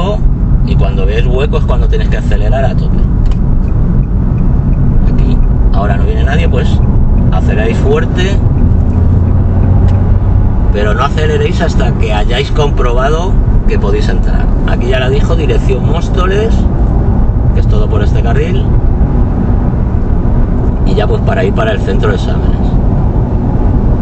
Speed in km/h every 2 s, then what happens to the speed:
45, 46, 49, 57, 70, 80, 77, 81, 86, 90, 90, 91.
0-18 speeds up to 90. 18-24 steady at about 90.